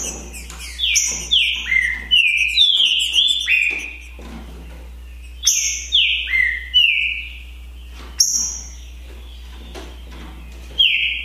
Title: TRINCA Piando, Cantando E Macheando Na DISPUTA. ISSO SIM!! É UMA DISPUTA DE TRINCA FERRO PERFEITA!! NAVAL VS DEMOLIDOR 2022! TEMPORADA 2022!